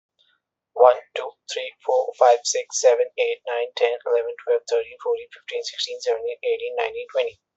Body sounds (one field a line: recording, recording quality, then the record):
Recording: counting at a fast pace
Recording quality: excellent, no background noise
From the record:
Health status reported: exposed to COVID-19, no respiratory illness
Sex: male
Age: 30 years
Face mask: not worn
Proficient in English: yes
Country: India